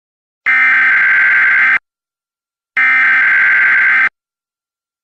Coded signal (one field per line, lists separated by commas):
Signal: Emergency Alert System (SAME) tones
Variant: header bursts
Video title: EAS Amber Alert (Missing: Haley Willett, Suspect: Archie Whalen)